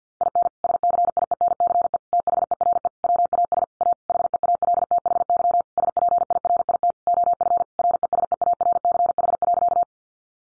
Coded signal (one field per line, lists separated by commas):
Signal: Morse code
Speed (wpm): 50 wpm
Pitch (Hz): 700 Hz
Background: none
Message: IN SCIENCE THERE WAS A HEALTHY SPIRIT OF RESEARCH.